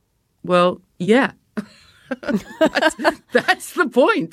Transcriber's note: laughter